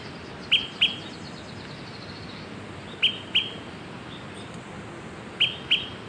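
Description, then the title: Smoke-colored pewee giving sharp, high pip notes in pairs, each pair about two and a half seconds apart, three pairs over a steady quiet hiss. Subspecies zarumae. "LuckyPassaro Completos2Sama. Smoke-colored Pewee (Contopus fumigatus zarumae)"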